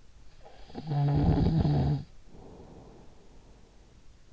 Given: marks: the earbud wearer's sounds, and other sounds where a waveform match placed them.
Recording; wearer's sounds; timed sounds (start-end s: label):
sounds in sleep by an in-ear microphone; snoring breath
0.34-4.08 s: snoring breath